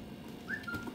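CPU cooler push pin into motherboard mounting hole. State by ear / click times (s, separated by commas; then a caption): not seated / none. A CPU cooler's plastic push pin is handled at a motherboard mounting hole while the pins are being pressed. A low steady background hum is heard, with a brief high whistle-like tone rising around 0.5 s and fading by about 0.85 s. Nothing has seated or clicked yet.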